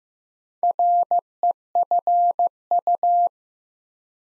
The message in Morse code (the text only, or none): REFU